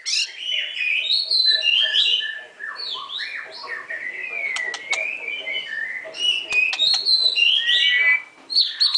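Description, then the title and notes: White-rumped shama song, continuous warbling of sweet whistles, slurred notes and occasional sharp clicks, with few pauses. Masteran (training) song. "Murai Batu Album 01. Masteran Murai Batu"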